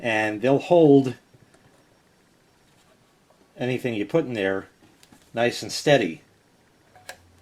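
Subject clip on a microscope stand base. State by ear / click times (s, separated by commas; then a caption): released / 7.1 s. Someone talks while a spring subject clip on the stand base of a KMDES Wireless Digital Microscope is moved. The clip clicks out of its resting position with a short, sharp click at 7.1 s, and the clip is released.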